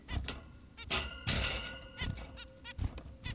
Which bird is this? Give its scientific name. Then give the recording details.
Taeniopygia guttata. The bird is an adult. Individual g17y2U